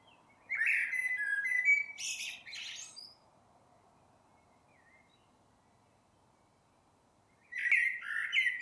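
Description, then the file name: Common blackbird song: a melodious warbled phrase ending in high twitters, a long silence, then another phrase starting after about seven seconds. "Turdus merula"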